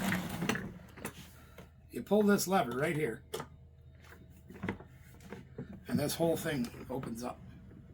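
Someone talks while pulling the release lever on a rolling storage case and swinging its hinged lower section open, with short knocks and rattles of handling between the words. The clip ends before the section locks into its open position; nothing has seated or clicked yet.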